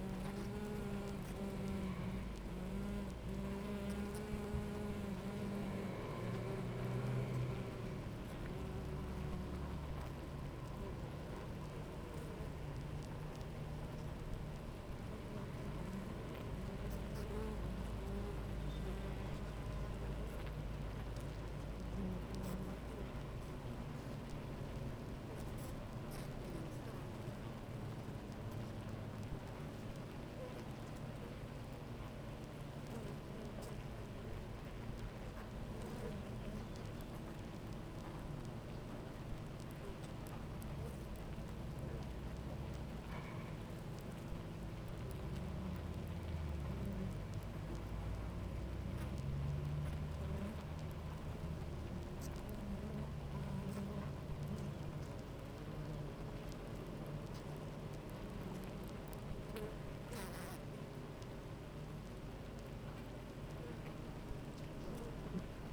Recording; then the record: honeybee colony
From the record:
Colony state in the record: active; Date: 28 July 2017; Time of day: 9:18